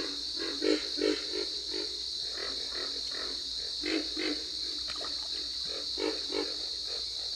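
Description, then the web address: Pig frog grunting, low snorty pulses in loose clusters, a few louder ones standing out, over a steady high buzzing drone. "Dan Gibson's Solitudes Frog Song. Pig Frog"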